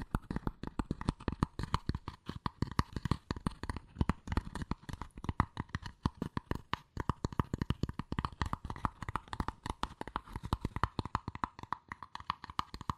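Rapid tapping and scratching on cardboard and paper, with quick sharp hits packed densely and continuing without a break for the whole stretch. The taps come fast and slightly uneven, each one dry and crisp, over a faint steady hum.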